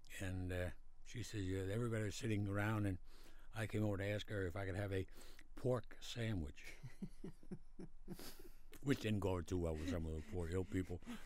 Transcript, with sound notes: and she said everyone was sitting around and I came over to ask her if I could have a pork sandwich, (both laugh) which didn't go over to well with some of the poor ill people.